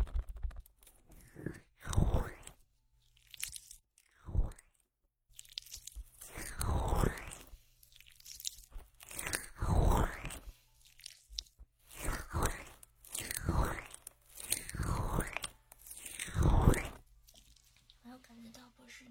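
An ear spa with aloe gel: repeated wet, sticky squelches and rubbing sounds in bursts every couple of seconds, over a faint low hum.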